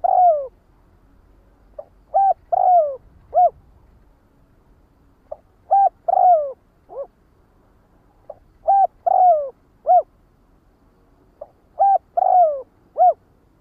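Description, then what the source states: Spotted dove repeating its cooing phrase four times: quiet clipped notes, a drawn-out downward-sliding coo, then a short final coo, with a steady rhythm and gaps between. Calling the flock.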